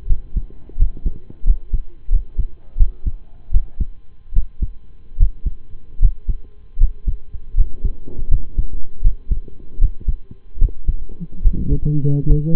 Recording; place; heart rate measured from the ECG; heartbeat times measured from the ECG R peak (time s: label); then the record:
heart sounds by stethoscope; between the tricuspid and mitral areas; 79 bpm
0.06 s: heartbeat
0.76 s: heartbeat
1.44 s: heartbeat
2.09 s: heartbeat
2.76 s: heartbeat
3.51 s: heartbeat
4.33 s: heartbeat
5.16 s: heartbeat
5.98 s: heartbeat
6.77 s: heartbeat
7.54 s: heartbeat
8.28 s: heartbeat
9.01 s: heartbeat
9.78 s: heartbeat
10.58 s: heartbeat
11.41 s: heartbeat
12.26 s: heartbeat
From the record:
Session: rest, lying down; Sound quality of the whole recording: partially saturated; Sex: male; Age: 25 years